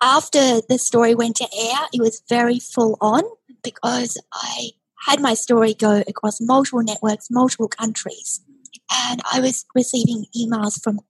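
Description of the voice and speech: Fluent conversational speech from an adult woman with a mildly breathy, slightly airy voice, due to a paralyzed vocal cord that remains after a tracheostomy tube sat in her throat for 11 years following multiple surgeries after childhood violence.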